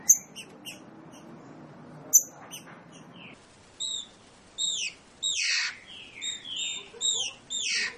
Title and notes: Canto Clássico Trinca Ferro TREINAMENTO. trinca fero